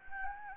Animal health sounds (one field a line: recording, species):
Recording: mosquito wingbeat signal from an infrared sensor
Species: Anopheles gambiae